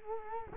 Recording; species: mosquito wingbeat signal from an infrared sensor; Culex quinquefasciatus